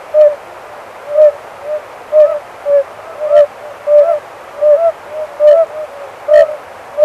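Oriental fire-bellied toad: soft, mellow notes in an irregular run, with a few faint clicks.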